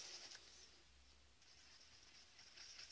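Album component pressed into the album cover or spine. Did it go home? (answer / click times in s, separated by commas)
no / none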